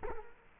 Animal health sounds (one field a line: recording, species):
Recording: mosquito wingbeat signal from an infrared sensor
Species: Culex quinquefasciatus